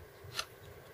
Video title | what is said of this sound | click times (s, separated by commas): Transformers Fall of Cybertron Autobot Blaster Review | just like so and you'll hear it clicking into place and just like that so | 0.4 s